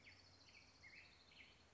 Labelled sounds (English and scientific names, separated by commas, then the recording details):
Orange-crowned Warbler (Leiothlypis celata)
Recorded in Sonoma County, California